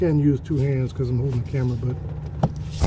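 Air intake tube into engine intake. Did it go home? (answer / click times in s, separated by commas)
yes / 2.4 s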